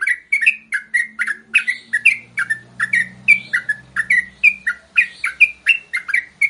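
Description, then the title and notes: Yellow-vented bulbul song: fast series of clear chirps and short slurred notes at a lively pace, with a faint low hum underneath. Trucukan song in the tembakan and ropel delivery styles, a masteran used to tutor songbirds. "MASTERAN Trucukan Tembakan Dan Ropel. BURUNG TRUCUKAN"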